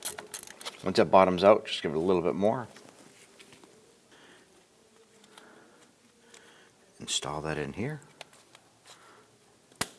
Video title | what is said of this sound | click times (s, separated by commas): How to Replace Front Wheel Bearing & Hub Assemblies 2006-2010 Hummer H3 | And then snap it over. | 9.8 s